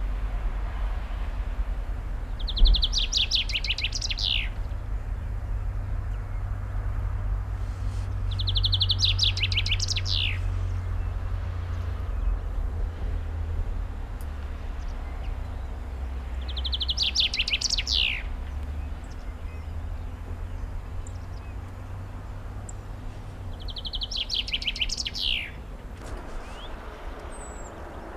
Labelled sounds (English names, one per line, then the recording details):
Common Chaffinch song
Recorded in the wild
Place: Garmisch-Partenkirchen, Bayern, DE
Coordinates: 47.4889, 11.1356
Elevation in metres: 889
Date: 1980-04-02
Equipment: Uher 4000 Report
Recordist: Tretzel, Erwin